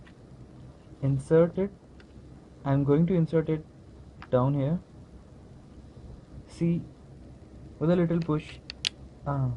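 A RAM module is inserted at an angle into the memory slot of an Acer laptop and lined up before being pushed down to latch, while someone talks throughout. The module has not yet seated or clicked into place.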